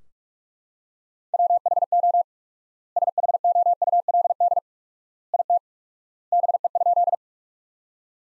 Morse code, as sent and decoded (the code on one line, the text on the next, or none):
.-- .... --- / ... .... --- ..- .-.. -.. / .. - / -... . ..--..
WHO SHOULD IT BE?